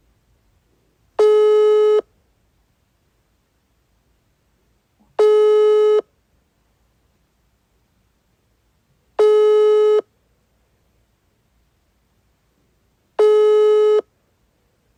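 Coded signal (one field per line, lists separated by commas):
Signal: telephone call progress tone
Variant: 425 Hz, 1 s on, 3 s off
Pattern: ringback tone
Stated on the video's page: Ringback tone heard on outgoing calls to Russia.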